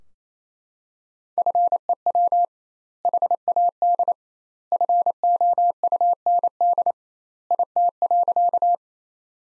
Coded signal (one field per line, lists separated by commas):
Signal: Morse code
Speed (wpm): 28 wpm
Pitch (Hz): 700 Hz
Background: none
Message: FEW HAD FOUND IT.